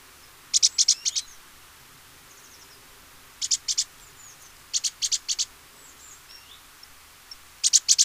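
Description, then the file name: Great tit song: several short bursts of sharp, high, rapid notes at uneven intervals. "Parus major"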